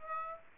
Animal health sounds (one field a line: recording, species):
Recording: mosquito wingbeat signal from an infrared sensor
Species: Aedes aegypti